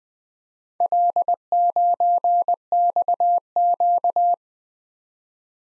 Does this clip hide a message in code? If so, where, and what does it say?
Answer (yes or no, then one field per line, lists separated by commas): yes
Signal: Morse code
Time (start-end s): 0.8-4.3 s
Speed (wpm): 21 wpm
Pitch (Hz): 700 Hz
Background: none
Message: L9XQ